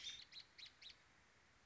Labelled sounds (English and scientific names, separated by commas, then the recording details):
American Robin (Turdus migratorius)
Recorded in Sonoma County, California